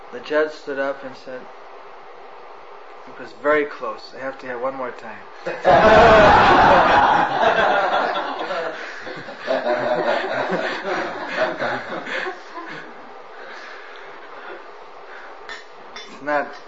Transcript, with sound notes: The judge stood up and said “It was very close, I have to hear one more time.” (laughter) It’s not…